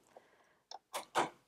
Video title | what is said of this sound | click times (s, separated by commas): Husqvarna Viking H Class E20 Owner's Class | there it kind of clicked into place and these little handles right here come | 0.7 s